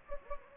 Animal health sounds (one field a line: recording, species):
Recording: mosquito wingbeat signal from an infrared sensor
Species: Anopheles gambiae